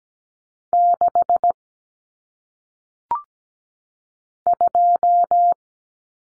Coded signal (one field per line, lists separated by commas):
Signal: Morse code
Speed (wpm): 17 wpm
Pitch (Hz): 700 Hz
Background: none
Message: 6 2